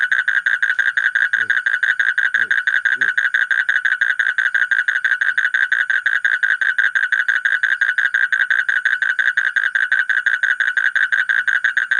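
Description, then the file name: Asian common toad producing a continuous rattling trill of quick, harsh pulses, with a few faint low knocks near the start. "suara kodok bangkong kolong kodok buduk"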